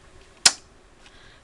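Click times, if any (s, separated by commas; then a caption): 0.5 s. A bobbin case holding a bobbin is pushed into the sewing machine's bobbin area until it latches. A single sharp, bright click is heard at 0.5 s, followed by a brief fading tail and a faint softer sound near 1.1 s. The click means the bobbin case is seated properly in the machine.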